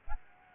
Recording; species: mosquito wingbeat signal from an infrared sensor; Aedes aegypti